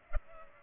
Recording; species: mosquito wingbeat signal from an infrared sensor; Culex pipiens